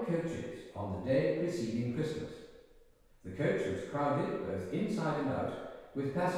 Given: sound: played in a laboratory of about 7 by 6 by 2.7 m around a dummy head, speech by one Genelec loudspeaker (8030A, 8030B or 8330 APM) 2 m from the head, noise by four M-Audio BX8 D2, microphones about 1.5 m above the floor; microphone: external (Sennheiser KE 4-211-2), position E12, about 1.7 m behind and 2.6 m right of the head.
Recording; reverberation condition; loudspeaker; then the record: male speech in English; high; 90 degrees to the right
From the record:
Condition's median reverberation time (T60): about 1300 ms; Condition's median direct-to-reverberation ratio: about -4.0 dB